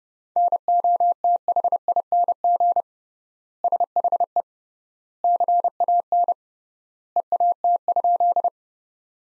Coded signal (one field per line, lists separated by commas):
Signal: Morse code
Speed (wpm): 32 wpm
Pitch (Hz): 700 Hz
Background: none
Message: NOTHING SHE CAN EAT?